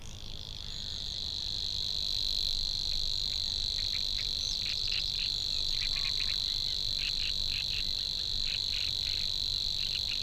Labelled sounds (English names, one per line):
Savi's Warbler song